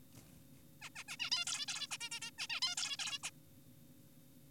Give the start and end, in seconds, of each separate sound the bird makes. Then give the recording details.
0.82-0.90, 0.96-1.04, 1.08-1.17, 1.20-1.30, 1.32-1.45, 1.47-1.66, 1.68-1.88, 1.91-1.98, 2.01-2.10, 2.12-2.20, 2.22-2.31, 2.38-2.47, 2.50-2.60, 2.62-2.75, 2.78-2.97, 2.99-3.19, 3.24-3.30. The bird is an adult. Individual g4p5U